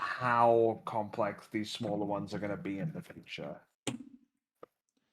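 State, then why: Seated. Plastic parts of an EG RX-93 ν Gundam gunpla model kit are pressed into their mating parts and seat with a sharp click at 3.9 s, followed by a fainter tick at 4.6 s. Before this, someone talks. The parts are confirmed seated with a very nice click.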